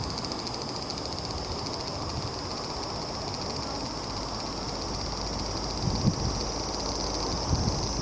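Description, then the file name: Large brown cicada song as a steady sizzling drone, softer here and mixed with low rumble and a couple of faint knocks near the end. "セミ アブラゼミの鳴き声"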